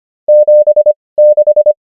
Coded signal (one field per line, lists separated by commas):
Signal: Morse code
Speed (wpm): 25 wpm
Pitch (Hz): 600 Hz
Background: none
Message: 7 6